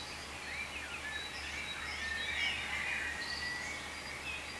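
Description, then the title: Birds in a busy chorus of overlapping high chirps and short twittering notes, steady throughout, over a low constant hum. "cizici, birds"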